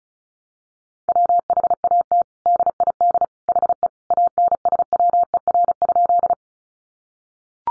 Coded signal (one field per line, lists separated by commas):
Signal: Morse code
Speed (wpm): 34 wpm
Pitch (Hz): 700 Hz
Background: none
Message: WHAT DID HE ANSWER?